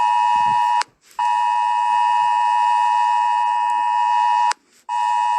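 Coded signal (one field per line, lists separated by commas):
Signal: Emergency Alert System (SAME) tones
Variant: 853 and 960 Hz attention tone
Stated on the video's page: Fictional EAS scenario about the Loch Ness Monster, set in the UK.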